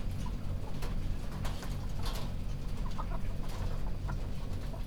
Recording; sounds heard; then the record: poultry house recording; healthy chickens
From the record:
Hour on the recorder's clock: 0